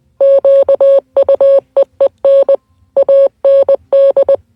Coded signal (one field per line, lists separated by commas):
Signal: Morse code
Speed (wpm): 20 wpm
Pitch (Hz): 550 Hz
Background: none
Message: QUEEN AND